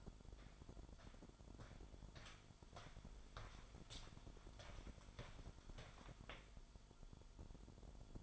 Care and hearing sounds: daily activity, microphone in the room; walk to room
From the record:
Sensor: 5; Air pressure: 1008.3 hPa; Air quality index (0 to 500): 125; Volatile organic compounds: 1 ppm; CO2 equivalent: 964 ppm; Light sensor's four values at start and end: 37/86/35/34 and 36/82/34/34

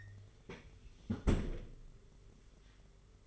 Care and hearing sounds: daily activity, microphone in the room; close fridge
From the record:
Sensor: 4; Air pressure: 991.9 hPa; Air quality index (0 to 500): 104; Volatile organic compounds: 14 ppm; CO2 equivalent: 2451 ppm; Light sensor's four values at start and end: 19/65/24/24 and 20/66/24/25

